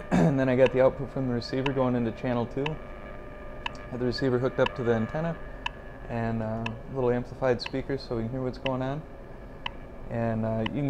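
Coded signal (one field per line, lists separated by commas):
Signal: radio time signal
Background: speech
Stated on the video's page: WWV on 10 MHz received on a home-built receiver.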